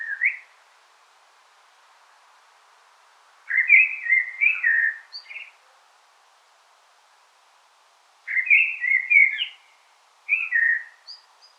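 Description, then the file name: Common blackbird song: warbling fluted phrases with pauses between them, each a tumbling series of mellow notes with brief high squeaky additions. "Turdus merula"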